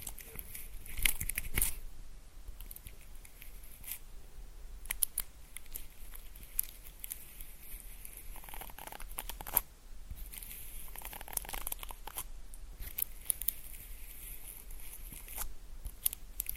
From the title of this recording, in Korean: 입소리폭탄 핀마이크 괴롭히기